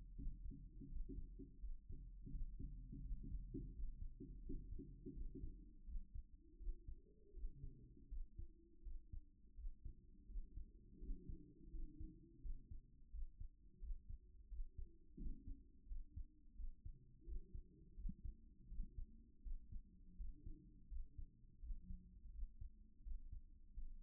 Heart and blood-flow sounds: heart sounds by stethoscope; 84 bpm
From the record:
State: at rest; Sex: male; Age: 37 years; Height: 170 cm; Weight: 86 kg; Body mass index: 29.76

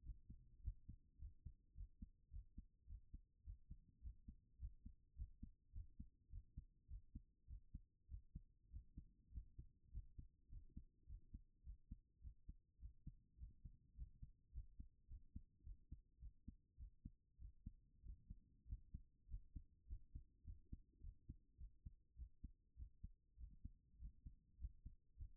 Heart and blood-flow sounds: heart sounds by stethoscope; 103 bpm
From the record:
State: at rest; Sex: female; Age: 39 years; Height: 175 cm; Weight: 68 kg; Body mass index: 22.20

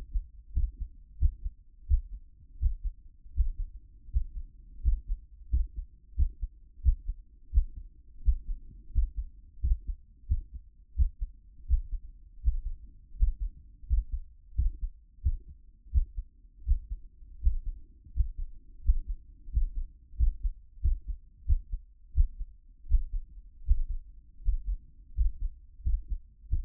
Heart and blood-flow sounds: heart sounds by stethoscope; 87 bpm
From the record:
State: after exercise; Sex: female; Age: 31 years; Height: 167 cm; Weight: 61 kg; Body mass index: 21.87

